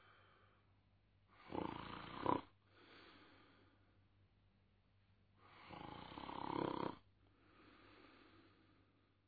Man Snoring.